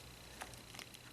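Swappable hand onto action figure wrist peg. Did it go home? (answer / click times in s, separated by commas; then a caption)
yes / 0.8 s. A swappable plastic magnetic hand, with a tiny hole inside, is pushed onto the wrist peg of a Hot Toys Avengers: Age of Ultron Captain America 1/6 scale figure (MMS281). Over a quiet background, faint ticks are heard near 0.5 s and 1.0 s, with a sharp click at 0.8 s as the hand pops into place on the peg.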